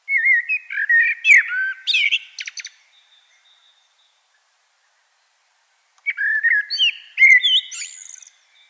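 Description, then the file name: Common blackbird song in two bursts a few seconds apart, melodious whistled notes interspersed with sharp, high squeaks and twitters. "Turdus merula"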